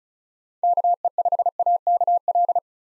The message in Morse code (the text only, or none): KE5AKL